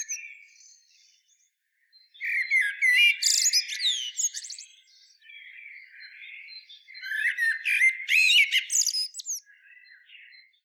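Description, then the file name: Common blackbird calls: two bursts of sharp chirps mixed with squawky, whistled notes, separated by soft, low-level twittering. "Turdus merula"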